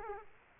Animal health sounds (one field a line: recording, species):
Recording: mosquito wingbeat signal from an infrared sensor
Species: Aedes aegypti